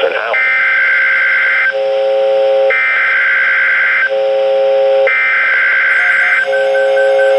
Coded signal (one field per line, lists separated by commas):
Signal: Emergency Alert System (SAME) tones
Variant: header bursts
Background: speech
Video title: Tornado Watch #504 (EAS #1638-1639)